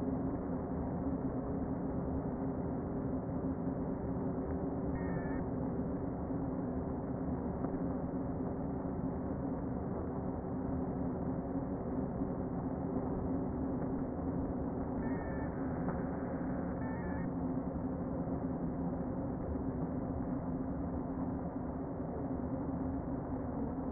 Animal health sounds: honeybee colony, microphone inside the hive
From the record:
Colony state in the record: queen present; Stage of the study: before two queens were removed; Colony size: about 60,000 bees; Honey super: yes

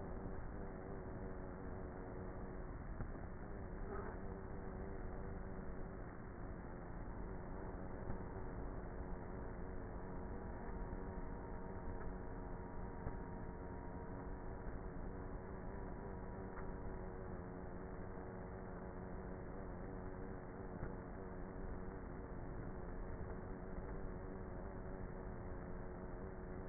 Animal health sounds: honeybee colony, microphone inside the hive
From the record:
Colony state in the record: queenless with a low population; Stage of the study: before two queens were removed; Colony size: about 30,000 bees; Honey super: no

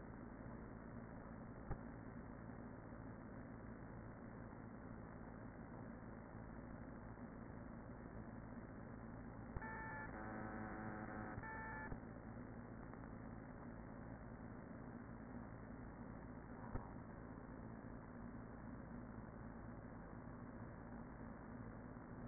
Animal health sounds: honeybee colony, microphone inside the hive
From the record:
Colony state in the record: queen present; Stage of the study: after two queens were removed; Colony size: about 40,000 bees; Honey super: no

